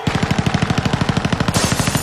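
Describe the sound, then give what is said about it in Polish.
A rapid, sustained burst of machine gun fire from a church gallery during a fight with bandits, roughly a dozen sharp shots per second in an even rhythm, loud and unbroken for about two seconds, with no voices. “Z empory poleciała seria”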